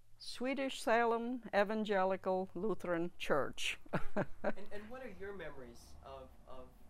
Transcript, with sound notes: Swedish Salem Evangelical Lutheran Church. (she laughs)
And, and what are your memories of, of